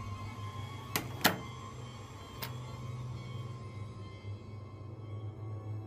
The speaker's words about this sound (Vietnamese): Cô bé lùi thùi bỏ ra ngoài phòng rồi đóng cửa lại.